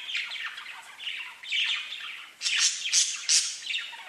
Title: Budgie Sounds